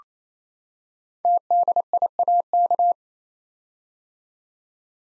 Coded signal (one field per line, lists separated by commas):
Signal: Morse code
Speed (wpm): 27 wpm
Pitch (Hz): 700 Hz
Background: none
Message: TDIAK